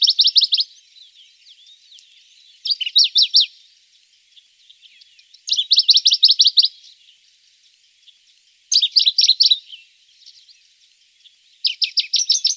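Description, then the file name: Dusky warbler song: short bursts of rapid, repeated high notes, each about a second long, coming roughly every three seconds, with faint chirps between. "Penochka buraja"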